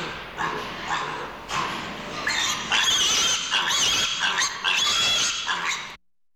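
Pig squealing and grunting: a series of harsh, shrill squeals that stop abruptly.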